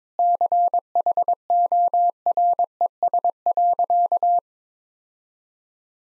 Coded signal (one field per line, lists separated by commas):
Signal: Morse code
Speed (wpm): 22 wpm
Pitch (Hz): 700 Hz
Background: none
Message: CHORES.